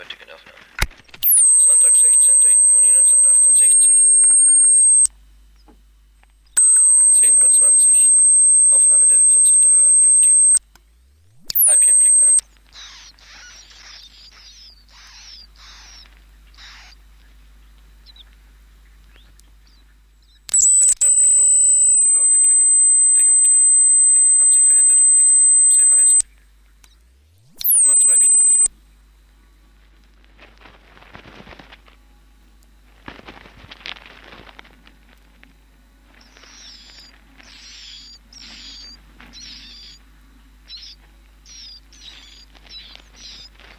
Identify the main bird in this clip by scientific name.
Phylloscopus trochilus